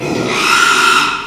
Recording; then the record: squeal of a Yucatan mini pig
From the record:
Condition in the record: after surgery on the right vocal fold (resection and tissue-engineered implant); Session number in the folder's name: 1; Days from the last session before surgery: 6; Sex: male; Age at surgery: 12 weeks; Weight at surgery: 13 kg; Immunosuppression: cyclosporine, prednisolone